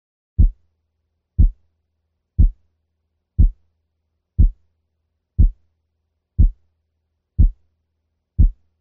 Splitting of 0.02 seconds.